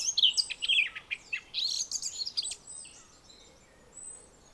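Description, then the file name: Eurasian blackcap song, a short burst of lively warbled and chattering notes for about two and a half seconds, then quieter with only a few faint notes. "Sylvia atricapilla"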